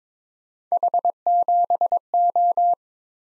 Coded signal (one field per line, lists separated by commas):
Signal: Morse code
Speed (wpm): 23 wpm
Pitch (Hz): 700 Hz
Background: none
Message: H7O